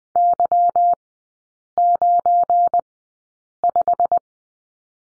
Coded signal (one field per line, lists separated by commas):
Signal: Morse code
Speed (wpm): 20 wpm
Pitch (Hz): 700 Hz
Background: none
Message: Y95